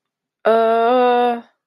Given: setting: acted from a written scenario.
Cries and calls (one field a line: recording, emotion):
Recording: vocal sound without words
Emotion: negative surprise